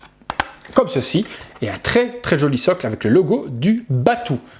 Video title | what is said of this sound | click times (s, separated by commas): MONDO - BATMAN - BATMAN ANIMATED SERIES - 1/6 FIGURE !!! UNBOXING ET REVIEW !!! | avec une tige à la hot toys qui vient se clipser par dessus comme | 0.3 s